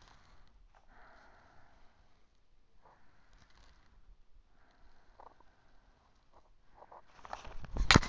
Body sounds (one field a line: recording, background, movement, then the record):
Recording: deep breathing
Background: quiet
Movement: sitting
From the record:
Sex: female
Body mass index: 18.8 kg/m2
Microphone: on the chest, facing outward